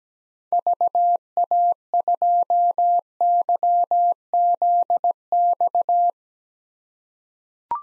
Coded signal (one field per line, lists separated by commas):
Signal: Morse code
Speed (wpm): 17 wpm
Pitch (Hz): 700 Hz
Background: none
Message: VA2YZX